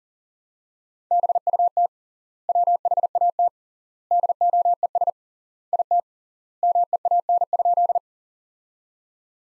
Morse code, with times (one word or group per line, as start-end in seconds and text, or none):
1.1-1.9 BUT
2.5-3.5 WHAT
4.1-5.1 DOES
5.7-6.0 IT
6.6-8.0 MEAN?